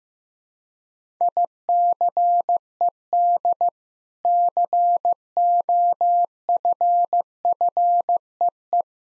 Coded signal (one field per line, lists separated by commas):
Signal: Morse code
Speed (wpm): 15 wpm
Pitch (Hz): 700 Hz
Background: none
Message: ICED COFFEE